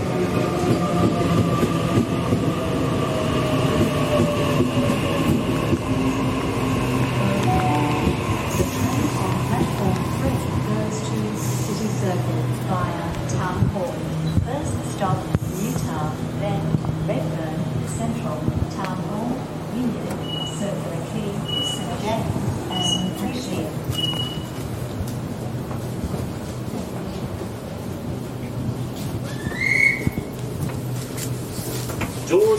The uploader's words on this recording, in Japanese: Go to City by Sydney Train 電車でシドニー市内に向かう。